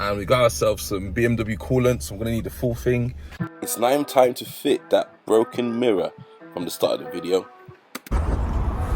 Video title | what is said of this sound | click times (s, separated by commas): REBUILDING A DAMAGED BMW M235i IT’S ALMOST COMPLETE - PART 3 | that's now snapped into place, it's perfect. | 8.0 s